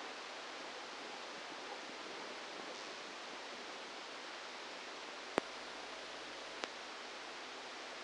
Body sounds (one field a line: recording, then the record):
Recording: brain microelectrode recording played as sound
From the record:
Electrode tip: outside the subthalamic nucleus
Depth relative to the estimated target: -4 mm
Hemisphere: left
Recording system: NeuroSet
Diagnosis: Parkinson's disease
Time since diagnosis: 10 years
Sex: male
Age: 63 years